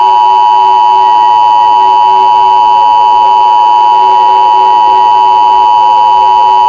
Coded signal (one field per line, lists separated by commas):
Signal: Emergency Alert System (SAME) tones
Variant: 853 and 960 Hz attention tone